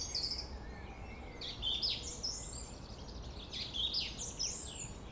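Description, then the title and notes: Song thrush song in a dense run of varied high chirps and whistled, sweeping notes, with traffic rumble underneath. Singing in Friedhof Columbiadamm (Neuer Garnisonsfriedhof) cemetery, Berlin, with distant city and traffic noise; recorded on a Sony PCM D50. "Friedhof Columbiadamm, Berlin - Song thrush. Friedhof Columbiadamm (Neuer Garnisonsfriedhof), Song thrush (Singdrossel) singing, distant city. traffic noise"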